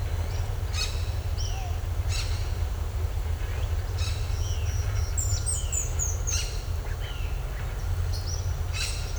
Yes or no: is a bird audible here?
yes